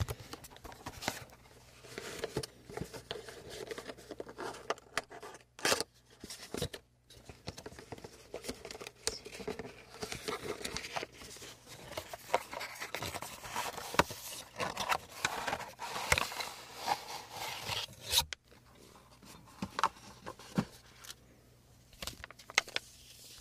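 Soft, wet squishing and rubbing sounds of creamy products being worked by hand, with frequent sharp little clicks and taps scattered throughout. The activity is dense and irregular, thinning briefly around five to seven seconds and again near the end, over a faint low hum.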